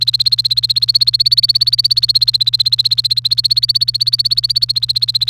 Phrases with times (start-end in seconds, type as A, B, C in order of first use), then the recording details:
0.01-5.29 A. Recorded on 29 April 2018 at 16:43. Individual llb3